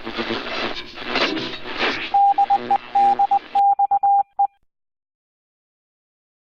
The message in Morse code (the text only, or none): DE DXE